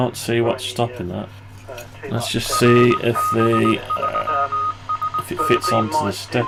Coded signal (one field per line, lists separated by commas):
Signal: Morse code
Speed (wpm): 19 wpm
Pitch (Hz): 1250 Hz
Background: speech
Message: RB3SM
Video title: 7 Band HF Antenna Switcher 29 - CNC'd PCB's Lid & Base - Assembling The Parts - G7UIV David